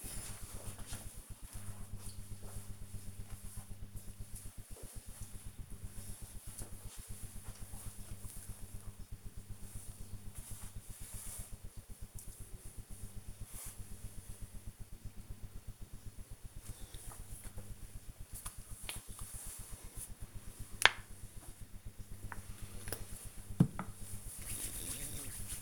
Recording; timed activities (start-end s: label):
household activities, microphone on the right wrist
16.50-25.62 s: cream hands